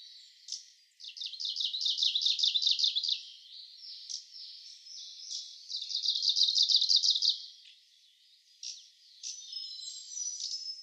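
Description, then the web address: Kamchatka leaf warbler song: two loud, rapid trills of repeated high notes about four seconds apart, with softer chips between them and thin whistles after. "komebosomusikui"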